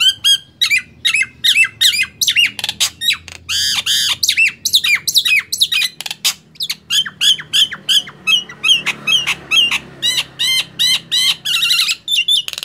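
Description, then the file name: Nias hill myna song: rapid run of loud harsh squawks, sharp whistles and downslurred notes, several each second, with a faint low hum underneath. "suara jalak nias"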